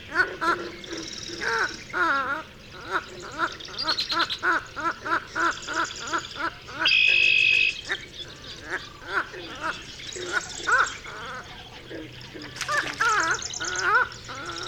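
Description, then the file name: Pied-billed grebe calling: a fast run of short, hollow, clucking notes, with a brief bright whistle partway through. "Pied-billed Grebe - Podilymbus podiceps"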